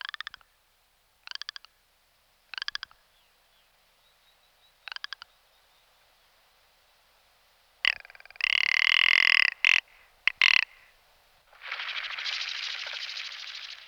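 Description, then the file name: Rock ptarmigan with short clicking rattles repeated every second or two, then a loud harsh burst of grating croaks and a long rasping noise. "Fr meaux Nature - Lagop de Alpin"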